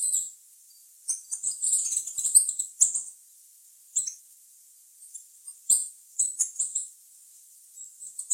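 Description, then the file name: Green-and-gold tanager song: thin, high-pitched twittering chips in irregular clusters separated by short silences. "canto da saira ouro"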